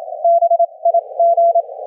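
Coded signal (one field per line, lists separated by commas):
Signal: Morse code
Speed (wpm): 28 wpm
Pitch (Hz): 680 Hz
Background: none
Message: BIG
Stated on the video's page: HF Morse heard through a rig with 400 Hz crystal filter, with a CALF 5-band equalizer LV2 plugin switched in and out as an audio bandpass filter.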